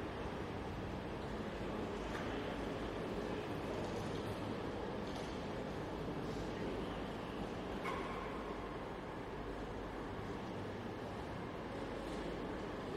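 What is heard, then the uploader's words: In a busy railway station, a steady low rumble fills the space without letup, thick with engine and rolling noise. Brief brighter clinks and squeals cut through near 2, 5 and 8 seconds, with a short whining tone around 8 seconds. Recorded at Newcastle's Central Station.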